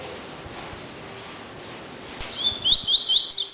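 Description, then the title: Double-collared seedeater song: a fast series of high, bright, sweeping notes starting midway and continuing to the end over a soft hiss of background noise. "Canto Coleiro"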